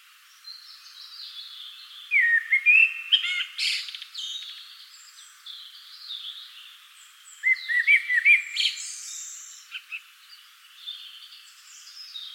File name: Turdus merula